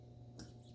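On a 2021 Camaro LT1 getting a Rotofab cold air intake, the mass airflow sensor connector is pushed in and gives one sharp click at 0.4 s over a steady low hum. The red locking tab is then pushed down and the connector is checked with a gentle pull, confirming it is seated and secure.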